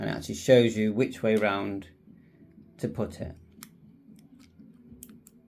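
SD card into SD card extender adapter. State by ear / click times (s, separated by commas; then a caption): seated / 5.0 s, 5.3 s. Someone talks, then a microSD/SD card is pushed into the slot of an SD card extender adapter that plugs into an ICOM IC-705 radio. A small double click is heard at 5.0 s and 5.3 s as the card latches and seats.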